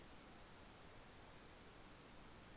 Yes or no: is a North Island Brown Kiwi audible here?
no